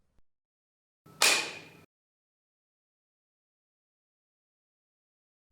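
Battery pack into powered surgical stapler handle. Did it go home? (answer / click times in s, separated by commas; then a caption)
yes / 1.2 s. A battery pack is aligned with a powered surgical stapler handle and pushed into its socket, with a short scrape from about 1.0 s and one sharp click at 1.2 s that rings off by about 1.8 s, surrounded by silence. The battery is seated, and the battery light comes on.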